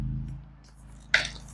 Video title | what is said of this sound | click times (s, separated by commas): I Tried This Cordless Grass Trimmer… Is It Any Good? | Lock it right back into place. | 1.1 s